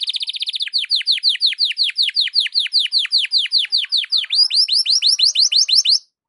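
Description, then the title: Belgian canary song: a short rapid trill followed by a long even series of falling swooped notes, stopping abruptly. Belgian canary morning song, used to warm up a canary and described as suited for masteran (tutoring). "Canto Para Esquentar Canário Belga. SUARA BURUNG KENARI DI PAGI HARI COCOK BUAT MASTERAN"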